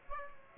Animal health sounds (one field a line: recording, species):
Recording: mosquito wingbeat signal from an infrared sensor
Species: Aedes aegypti